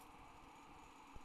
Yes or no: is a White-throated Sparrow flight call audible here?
no